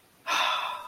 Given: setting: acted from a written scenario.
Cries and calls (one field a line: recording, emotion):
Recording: vocal sound without words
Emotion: contentment